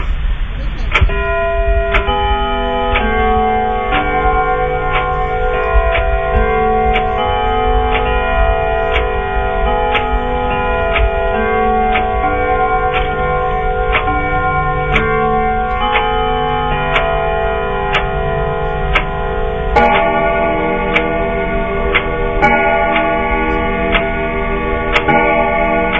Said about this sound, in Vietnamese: Đồng hồ trong nhà chậm rãi gõ 11 tiếng. Tư Cầu lầm nhầm đếm đủ 11 tiếng keng keng đó mà thêm sốt ruột.